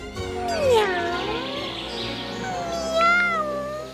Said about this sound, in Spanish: Unas dos horas llevarían caminando cuando oyeron los amargos maullidos de un gato.